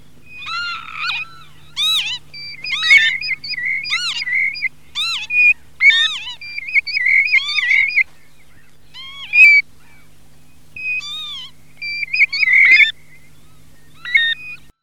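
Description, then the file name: Northern lapwing calls, a series of wheezy swooping notes that rise and fall, given one after another with longer pauses between groups, over a faint steady hum. "PAVONCELLA"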